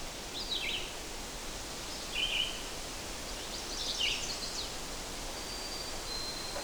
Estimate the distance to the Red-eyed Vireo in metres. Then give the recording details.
about 30 m. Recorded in boreal forest in Alberta, Canada, on 8 June 2016 at 05:30. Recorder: SongMeter 3, array SBT-3-9. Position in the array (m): 19 m, 103 m